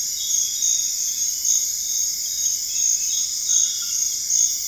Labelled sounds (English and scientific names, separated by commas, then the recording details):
none
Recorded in dense forest near Puerto Asís, Putumayo, Colombia, on 20 February 2024 at 05:00
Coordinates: 0.485, -76.318
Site G6408